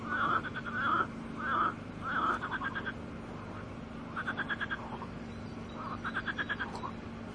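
Frog calls: a few rough, nasal croaks repeated about every 0.7 seconds, then trains of quick rattling pulses, over a constant low hum.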